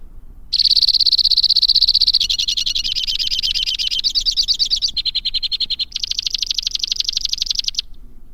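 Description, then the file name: White-winged crossbill song: a chain of high trills, each phrase switching to a different speed and pitch, running for about seven seconds without a break. "suara-kicauan-burung-white-winged-crossbill 2-omkicau"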